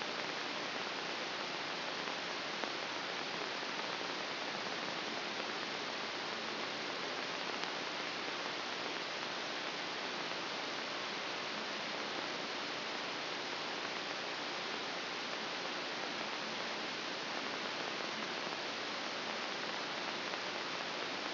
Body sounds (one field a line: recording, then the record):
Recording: brain microelectrode recording played as sound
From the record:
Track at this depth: outside the subthalamic nucleus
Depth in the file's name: 1.039 mm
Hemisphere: left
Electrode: 3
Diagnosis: Parkinson's disease